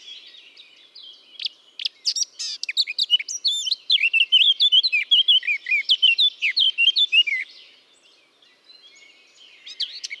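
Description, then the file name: Eurasian blackcap song: a rapid, varied warble of chirps and whistled notes building to a loud run of fluty phrases, then fading into soft twitters. "Sylvia atricapilla"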